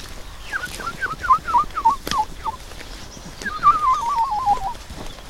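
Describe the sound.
Someone whistles an imitation of a woodlark's song: a run of about eight short, falling whistled notes, a brief pause, then a rapid wavering trill, moderately loud over faint background hiss.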